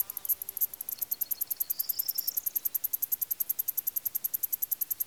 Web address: BBC Sound Effects Library- (Greece) Countrysde crikets